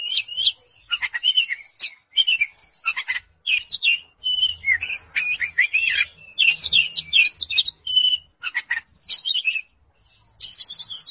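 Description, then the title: Oriental magpie-robin giving a long run of varied chirps, whistles and harsh notes in repeated bursts, with a faint low sound beneath at times. "Kacer"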